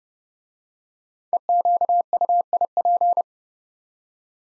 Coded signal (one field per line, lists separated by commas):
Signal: Morse code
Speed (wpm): 30 wpm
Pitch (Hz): 700 Hz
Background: none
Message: EQUIP